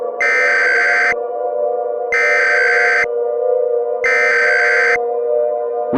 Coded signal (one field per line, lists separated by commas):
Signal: Emergency Alert System (SAME) tones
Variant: header bursts